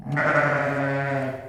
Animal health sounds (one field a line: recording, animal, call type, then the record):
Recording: contact call of a hoofed animal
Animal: sheep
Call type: low-frequency (closed-mouth) or high-frequency (open-mouth) call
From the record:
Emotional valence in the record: negative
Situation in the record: short social isolation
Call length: 1.48 s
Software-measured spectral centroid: 1480 Hz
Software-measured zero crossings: 1650 a second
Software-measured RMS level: -24 dBFS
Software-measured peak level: -9 dBFS